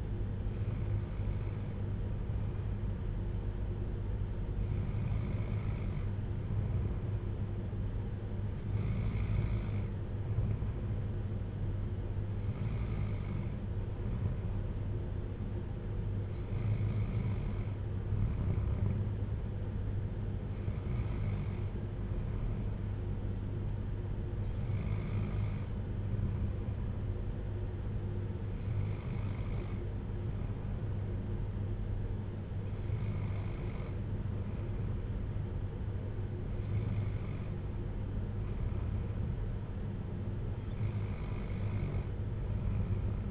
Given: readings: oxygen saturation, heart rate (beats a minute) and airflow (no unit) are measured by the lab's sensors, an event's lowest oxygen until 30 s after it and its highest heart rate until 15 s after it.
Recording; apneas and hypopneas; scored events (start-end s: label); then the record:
breathing in sleep by a smartphone at the bedside; none
none scored
From the record:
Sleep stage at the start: N2 (light sleep); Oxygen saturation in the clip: 94 to 95%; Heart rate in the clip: 54 to 60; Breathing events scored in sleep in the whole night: 310 in 8.1 hours asleep